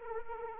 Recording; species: mosquito wingbeat signal from an infrared sensor; Anopheles arabiensis